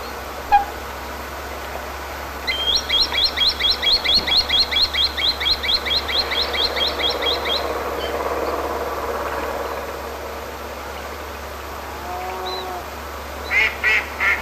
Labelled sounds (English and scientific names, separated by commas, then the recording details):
Common Sandpiper (Actitis hypoleucos) call
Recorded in the wild
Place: Krombachtalsperre, DE
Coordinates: 50.6217, 8.12722
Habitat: Wetland
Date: 1963-08-23
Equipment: Uher Report 4000, AKG D190
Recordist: Krey, Winfried